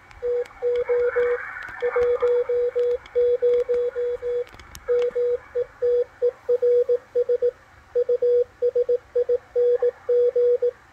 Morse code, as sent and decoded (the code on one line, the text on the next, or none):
- --- / .---- ----- / -- . - . .-. ... / ..- ... .. -. --.
TO 10 METERS USING